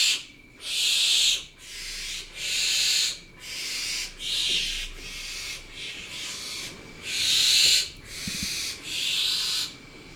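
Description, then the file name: Barn owl hissing repeatedly, rough breathy screeches of uneven length following one another closely, with brief pauses and a few faint clicks. "Barbagianni"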